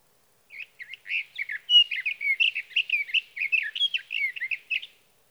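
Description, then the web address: Sage thrasher delivering a sustained, hurried warble of many short slurred and chirped notes, varied in pitch and run together for over four seconds. "birdsongforthecurious songs Sage Thrasher"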